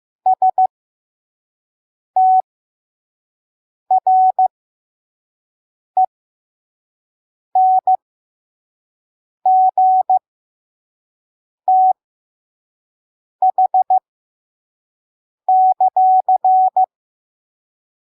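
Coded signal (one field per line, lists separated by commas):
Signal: Morse code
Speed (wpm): 15 wpm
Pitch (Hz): 750 Hz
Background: none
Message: STRENGTH;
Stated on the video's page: Slow 5 wpm Morse code of a Bible verse for head-copy practice.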